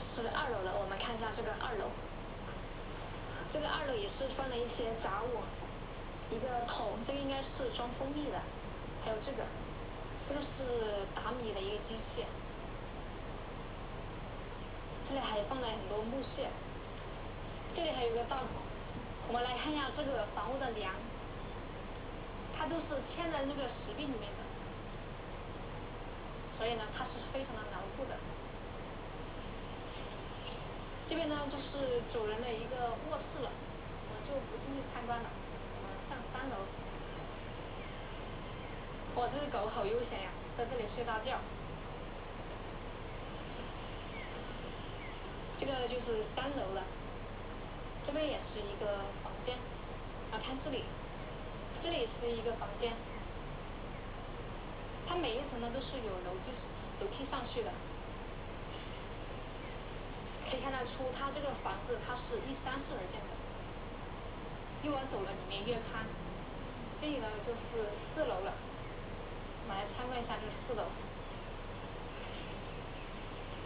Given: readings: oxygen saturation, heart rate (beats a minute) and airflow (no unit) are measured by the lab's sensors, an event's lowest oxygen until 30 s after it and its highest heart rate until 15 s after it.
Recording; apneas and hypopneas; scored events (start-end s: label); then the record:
a person awake in a sleep study, by a voice recorder at the bedside; none
0.00-73.66 s: awake
From the record:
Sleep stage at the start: awake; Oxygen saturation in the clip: 93 to 94%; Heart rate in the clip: 60 to 68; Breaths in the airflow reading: 25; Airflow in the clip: -5.4 to 6.0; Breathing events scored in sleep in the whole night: 476 in 9.7 hours asleep